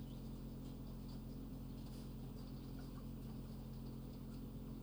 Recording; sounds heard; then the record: poultry house recording; healthy chickens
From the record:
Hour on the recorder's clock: 20